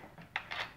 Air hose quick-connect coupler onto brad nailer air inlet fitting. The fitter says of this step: you just pull it back attach it this way till it clicks and let go and it will lock